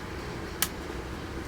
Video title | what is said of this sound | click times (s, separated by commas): VF-1S Valkerie + Strike Set, Part 4 | That's snapped in. | 0.6 s